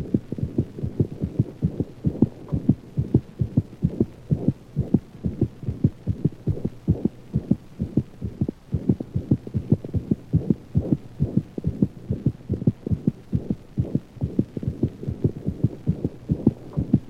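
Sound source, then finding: Dog heart by stethoscope. Anemic systolic murmur.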